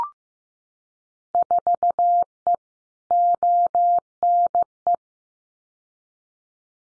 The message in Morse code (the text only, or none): 4E ONE